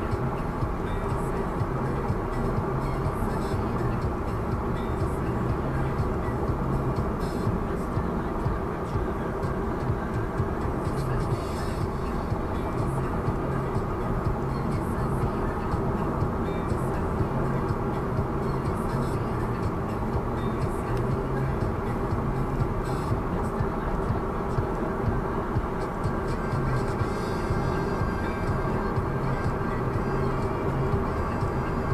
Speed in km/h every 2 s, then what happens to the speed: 81, 78, 76, 75, 75, 75, 76, 77, 79, 80, 80, 82, 84, 86, 87, 89.
0-11 steady at about 75. 11-32 speeds up to 89.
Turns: none.